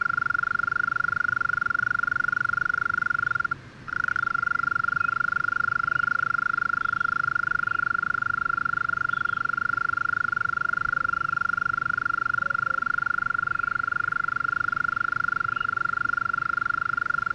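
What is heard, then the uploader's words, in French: A mole cricket in a flooded alpine pasture sings a continuous, steady churring trill at a fixed mid-high pitch, with fainter buzzing overtones above. The song drops out briefly near the four-second mark, then resumes unchanged over a low, rough background murmur. UNE COURTILIÈRE D'ALTITUDE. Le Villard - Drôme - Nagra seven - Mkh40 - Stéréo. Une petite population de Courtilière commune (Gryllotalpa gryllotalpa) dans un alpage inondé à 1250m d'altitude.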